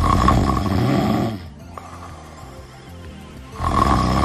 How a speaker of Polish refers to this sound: Dziś, proszę Państwa, dzień walki z chrapaniem.